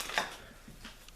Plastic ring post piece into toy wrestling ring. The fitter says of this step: little things go right into here like so you click right in like that